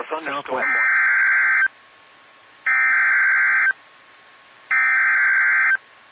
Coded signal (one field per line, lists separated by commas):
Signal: Emergency Alert System (SAME) tones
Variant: header bursts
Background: speech